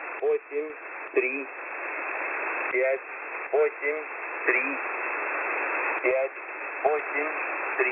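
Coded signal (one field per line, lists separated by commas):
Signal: numbers station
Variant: S06b Russian Man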